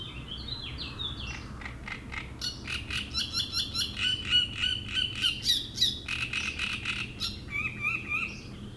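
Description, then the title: Great reed warbler song, loud creaky repeated notes from about two seconds on, with thinner sliding whistled notes before and after. Shrill song in a reed bed at Chatillon beach, Chindrieux, France; a migrant from Africa that can sing day and night. "Roselière plage Chatillon, Chindrieux, France - Rousserole turdoïde"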